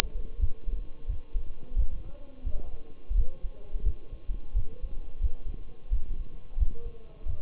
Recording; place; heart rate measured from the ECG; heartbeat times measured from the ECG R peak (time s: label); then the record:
heart sounds by stethoscope; between the tricuspid and mitral areas; 87 bpm
0.41 s: heartbeat
1.09 s: heartbeat
1.78 s: heartbeat
2.46 s: heartbeat
3.17 s: heartbeat
3.85 s: heartbeat
4.56 s: heartbeat
5.22 s: heartbeat
5.92 s: heartbeat
6.59 s: heartbeat
7.28 s: heartbeat
From the record:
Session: Bruce protocol treadmill stress test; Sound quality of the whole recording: partially saturated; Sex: male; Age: 23 years